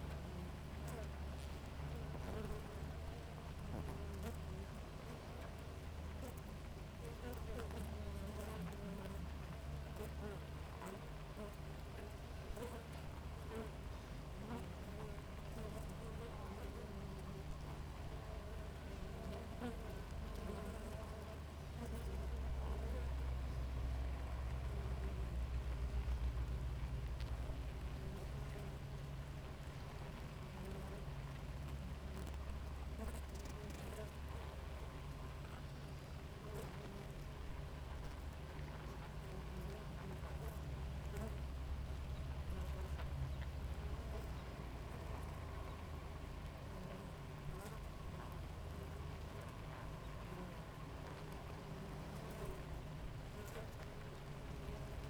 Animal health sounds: honeybee colony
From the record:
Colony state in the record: active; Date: 28 July 2017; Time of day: 5:15

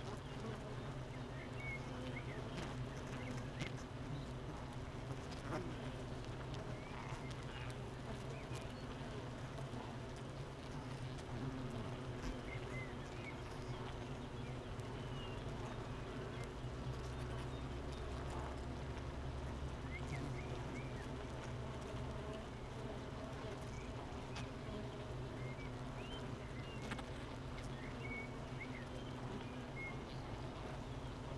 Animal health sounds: honeybee colony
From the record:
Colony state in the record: missing queen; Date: 31 May 2018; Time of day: 8:31

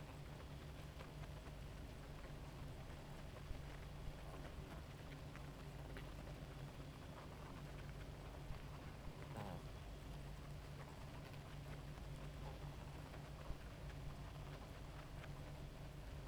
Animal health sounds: honeybee colony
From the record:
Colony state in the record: active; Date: 28 July 2017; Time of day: 2:47

